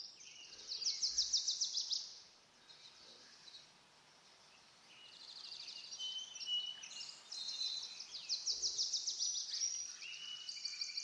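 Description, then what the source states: Birds giving rapid pulsed trills at the start and later, with a quiet stretch in the middle, soft hiss and occasional low thumps. Birds in a backyard; ambient nature sounds.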